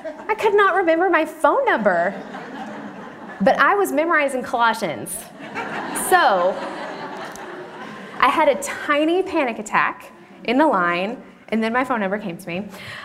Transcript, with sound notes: I could not remember my phone number! (laughter) But I was memorizing Colossians. (laughter) So, I had a tiny panic attack in the line, and then my phone number came to me.